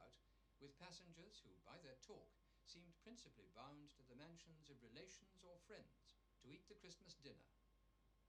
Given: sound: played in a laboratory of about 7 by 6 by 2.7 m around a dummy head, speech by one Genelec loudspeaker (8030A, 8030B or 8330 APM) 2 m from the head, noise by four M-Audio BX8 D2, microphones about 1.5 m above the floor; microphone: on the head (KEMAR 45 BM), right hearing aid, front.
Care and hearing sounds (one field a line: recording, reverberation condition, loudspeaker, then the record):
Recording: male speech in English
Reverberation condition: low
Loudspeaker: 30 degrees to the right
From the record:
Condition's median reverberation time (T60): about 310 ms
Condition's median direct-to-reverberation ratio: about 3.5 dB